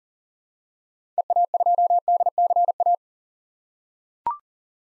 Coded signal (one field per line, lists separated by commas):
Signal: Morse code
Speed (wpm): 40 wpm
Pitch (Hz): 700 Hz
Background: none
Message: EA2DCA